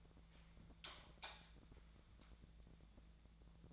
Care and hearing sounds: daily activity, microphone in the room; light on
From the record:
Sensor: 3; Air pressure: 1000.0 hPa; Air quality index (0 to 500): 125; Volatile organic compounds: 2 ppm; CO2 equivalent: 1120 ppm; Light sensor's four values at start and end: 36/93/39/43 and 39/102/43/47

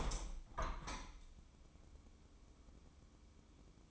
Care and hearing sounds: daily activity, microphone in the room; open window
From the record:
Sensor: 1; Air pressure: 1014.9 hPa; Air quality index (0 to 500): 31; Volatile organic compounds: 1 ppm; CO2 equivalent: 543 ppm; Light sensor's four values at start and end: 10/25/10/11 and 11/26/10/11

